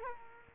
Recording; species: mosquito wingbeat signal from an infrared sensor; Culex quinquefasciatus